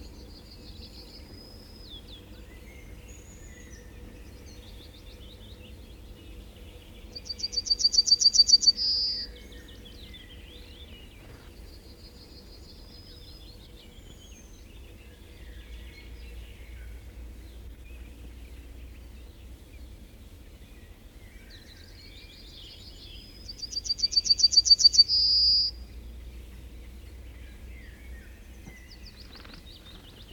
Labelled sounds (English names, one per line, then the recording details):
Yellowhammer song
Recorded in the wild
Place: Leszno, Großpolen, PL
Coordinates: 51.842, 16.594
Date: 1987-07-15
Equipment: Nagra III BH, Sennheiser MD 21, parabola
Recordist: Schubert, Michael
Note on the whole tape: Spontangesang Goldammer, nördlicher Dialekt